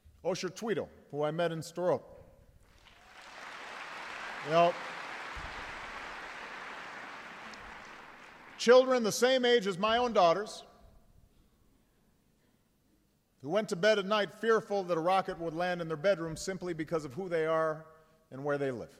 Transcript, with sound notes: Osher Twito, who I met in Sderot -- (applause) children the same age as my own daughters who went to bed at night fearful that a rocket would land in their bedroom simply because of who they are and where they live.